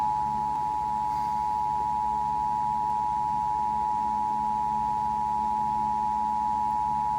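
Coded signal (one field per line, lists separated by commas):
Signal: Emergency Alert System (SAME) tones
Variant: 853 and 960 Hz attention tone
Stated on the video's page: One of 53 EAS alerts recorded over about ten hours in a single day.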